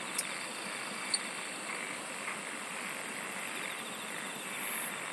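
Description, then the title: Insect chorus as a constant shrill hiss, with two sharp clicks early on, then a long run of rapid very high ticking in the second half. "SINGING OF INSECTS"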